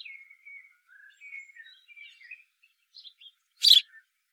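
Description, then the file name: House sparrow calls: a series of short chirps and thin notes, with a loud harsh chirp near the end, in otherwise quiet surroundings. "Passer domesticus"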